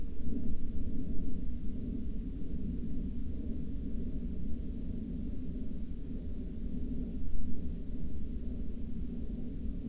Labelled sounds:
aircraft
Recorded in the Prudhoe Bay oil fields, Alaska, on 23 July 2021 at 21:23
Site 14

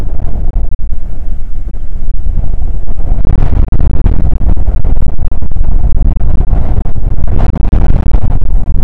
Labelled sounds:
wind
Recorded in the Prudhoe Bay oil fields, Alaska, on 19 July 2019 at 00:02
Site 25

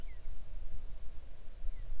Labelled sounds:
near silence
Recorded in the Arctic National Wildlife Refuge, Alaska, on 3 August 2019 at 05:25
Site 41

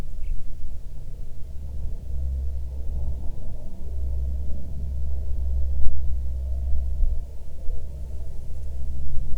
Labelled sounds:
jet
wind
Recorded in the Prudhoe Bay oil fields, Alaska, on 7 August 2019 at 14:21
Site 17

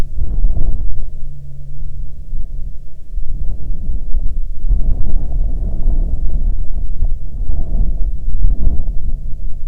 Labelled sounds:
wind
aircraft
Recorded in the Prudhoe Bay oil fields, Alaska, on 23 July 2019 at 01:50
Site 13

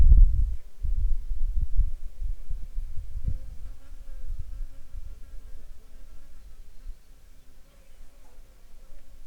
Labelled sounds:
wind
insects
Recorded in the Arctic National Wildlife Refuge, Alaska, on 26 June 2021 at 15:16
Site 42

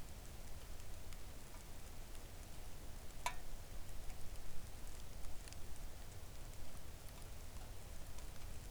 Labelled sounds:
rain
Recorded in the Arctic National Wildlife Refuge, Alaska, on 3 August 2019 at 05:54
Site 41

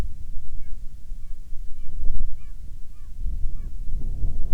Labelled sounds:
bird
wind
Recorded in the Arctic National Wildlife Refuge, Alaska, on 9 July 2019 at 21:55
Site 48

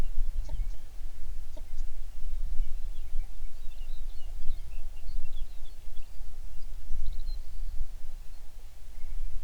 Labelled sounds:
songbird
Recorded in the Prudhoe Bay oil fields, Alaska, on 11 June 2019 at 05:03
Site 21

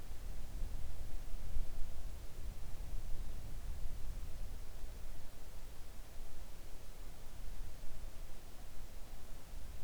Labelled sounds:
near silence
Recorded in the Arctic National Wildlife Refuge, Alaska, on 3 August 2019 at 05:23
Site 41

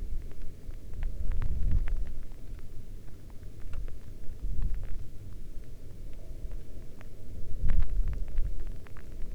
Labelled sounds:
wind
rain
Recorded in the Arctic National Wildlife Refuge, Alaska, on 11 August 2019 at 22:36
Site 40

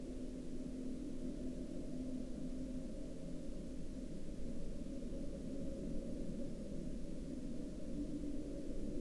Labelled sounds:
aircraft
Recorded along the Dalton Highway, Alaska, on 6 April 2019 at 01:33
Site 09

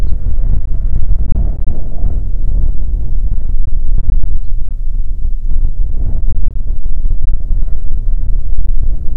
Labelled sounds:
songbird
wind
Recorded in the Prudhoe Bay oil fields, Alaska, on 5 June 2019 at 10:36
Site 16

